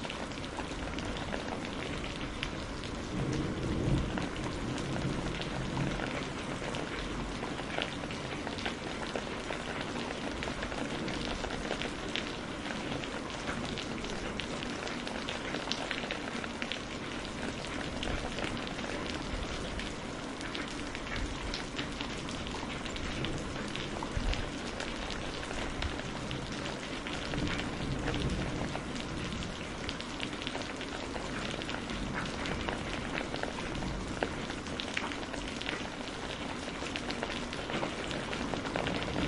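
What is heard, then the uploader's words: Hard rain pours down steadily for the whole stretch, a dense hiss packed with countless sharp drop impacts. The level barely shifts from start to finish, with only brief louder spatters now and then over a soft low undertone. Storm sounds, thunderstorm noise, hard rain. Natural white noise.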